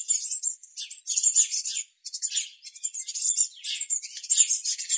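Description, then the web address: Eurasian blue tit calls: dense, rapid high-pitched chattering and scolding notes in quick bursts, almost continuous apart from a short gap near two seconds. "Deverinetal"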